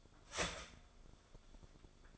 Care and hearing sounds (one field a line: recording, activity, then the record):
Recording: daily activity, microphone in the room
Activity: start toaster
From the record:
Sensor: 5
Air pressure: 1014.8 hPa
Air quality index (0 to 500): 199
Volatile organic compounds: 8 ppm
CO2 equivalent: 2117 ppm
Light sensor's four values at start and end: 15/36/14/13 and 15/36/14/13